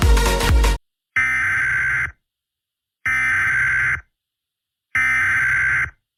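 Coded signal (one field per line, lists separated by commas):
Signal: Emergency Alert System (SAME) tones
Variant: header bursts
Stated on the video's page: Fictional analog horror EAS scenario.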